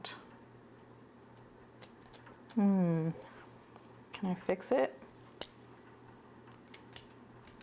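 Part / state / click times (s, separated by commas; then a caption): pen plunger latch in retractable pen barrel / not seated / none. Someone handles a retractable pen's plunger latch in its barrel, working the mechanism because the plunger won't stay out, with small sharp ticks around 1.4, 1.8, 2.0, 3.8, 5.4, 6.7, 7.0 and 7.6 seconds. Someone talks briefly in the middle. Nothing has seated or clicked yet by the end of the clip.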